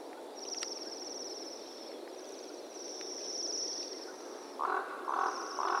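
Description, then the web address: Bohemian waxwing calls, a run of high shimmering trills over a hissing background; a few short lower chirps break in near the end. "Bohemian waxwing. بال-لاکی-بوهمی"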